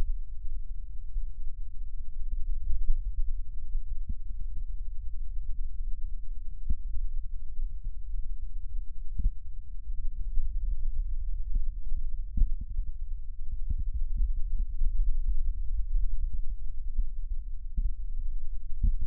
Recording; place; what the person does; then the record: lung sounds by stethoscope; right posterior basal chest; quiet breathing, then deep breathing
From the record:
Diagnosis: COPD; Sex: male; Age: 64 years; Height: 166 cm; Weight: 92.7 kg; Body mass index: 33.6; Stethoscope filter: bell mode